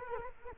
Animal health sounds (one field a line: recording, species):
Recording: mosquito wingbeat signal from an infrared sensor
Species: Culex quinquefasciatus